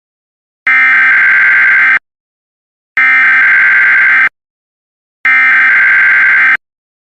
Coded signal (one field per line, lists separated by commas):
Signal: Emergency Alert System (SAME) tones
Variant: header bursts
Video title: EAS Scenario: Sprunki